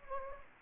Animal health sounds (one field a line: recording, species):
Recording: mosquito wingbeat signal from an infrared sensor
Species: Anopheles gambiae